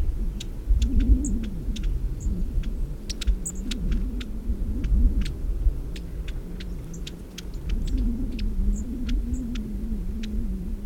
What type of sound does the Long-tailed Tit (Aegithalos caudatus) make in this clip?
call